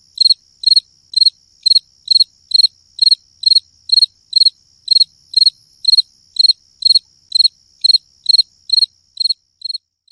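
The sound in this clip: Cricket chirping: short pulsed chirps, each of several rapid pulses, repeated steadily about twice a second over a faint constant high hum.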